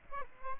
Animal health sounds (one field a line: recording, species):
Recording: mosquito wingbeat signal from an infrared sensor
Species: Aedes aegypti